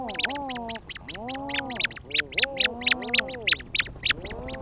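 Rhinoceros auklet groans sweep up and down in overlapping bouts, accompanied by a fast, loud series of sharp high clicks repeated several times a second.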